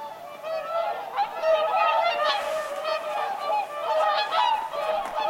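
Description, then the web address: Dense chorus of whooper swans, constant overlapping trumpeting honks from many birds without pause. Flock of whooper swans calling at Lintulahti on 6 November 2025. "6 11 2025 laulujoutsenten aantelya lintulahdella"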